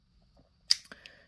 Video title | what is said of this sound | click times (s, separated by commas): LifeCard Trailblazer Firearms -- Review | I guess a manual single action pistol you pull that back and it locks in place | 0.7 s